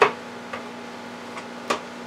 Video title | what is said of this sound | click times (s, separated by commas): $45 00 Black + Decker Juicer Review. Making Carrot Juice (Vitamin C,A,K,B6) | okay i heard it click it has to click in here all right | 0.0 s